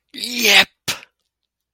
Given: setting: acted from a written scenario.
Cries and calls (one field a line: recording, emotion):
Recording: vocal sound without words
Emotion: elation